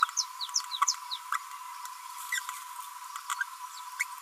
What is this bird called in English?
Green-rumped Parrotlet